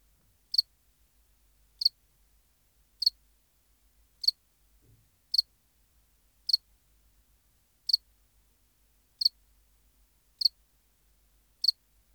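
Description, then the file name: House cricket chirping: short, high chirps repeated steadily about every 1.2 seconds, ten in all, against near silence. "Acheta domesticus"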